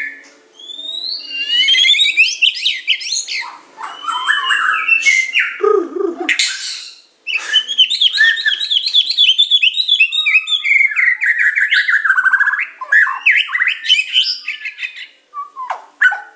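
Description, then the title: Oriental magpie-robin song: a long, loud, varied outpouring of whistles, buzzy notes and rapid trills, with a few brief gaps. "Kicau Kacer"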